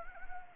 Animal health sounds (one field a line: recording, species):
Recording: mosquito wingbeat signal from an infrared sensor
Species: Anopheles gambiae